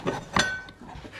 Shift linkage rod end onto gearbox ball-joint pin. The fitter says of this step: voilà et il se clipse le deuxième pareil de l'autre côté tac